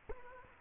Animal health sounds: mosquito wingbeat signal from an infrared sensor; Culex quinquefasciatus

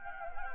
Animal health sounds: mosquito wingbeat signal from an infrared sensor; Anopheles gambiae

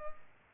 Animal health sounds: mosquito wingbeat signal from an infrared sensor; Culex pipiens

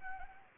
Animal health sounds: mosquito wingbeat signal from an infrared sensor; Anopheles arabiensis

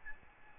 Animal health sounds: mosquito wingbeat signal from an infrared sensor; Aedes albopictus

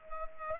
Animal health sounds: mosquito wingbeat signal from an infrared sensor; Culex pipiens

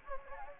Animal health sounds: mosquito wingbeat signal from an infrared sensor; Anopheles gambiae

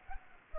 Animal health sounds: mosquito wingbeat signal from an infrared sensor; Culex pipiens

